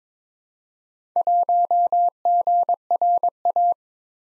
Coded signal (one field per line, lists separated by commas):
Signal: Morse code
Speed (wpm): 22 wpm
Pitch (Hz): 700 Hz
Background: none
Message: 1GRA